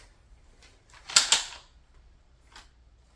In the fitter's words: And it locks into place automatically.